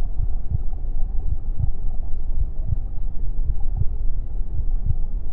Heartbeat Sound | A Mother's Womb. The gentle thumping of my mother's heartbeat serves as the main focus, a steady rhythm that reverberates through the fluid-filled space.